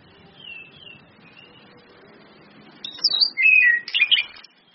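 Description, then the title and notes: Orange-headed thrush song: soft whistles at first, then a loud run of looping, warbling whistled notes. Indonesian training lure ('pancingan') of clear 'ngeplong' song with female whistles ('suitan betina'), meant to make birds sing eagerly ('gacor'). "PANCINGAN anis kembang ngeplong dan SUITAN BETINA. Masteran Anis Kembang"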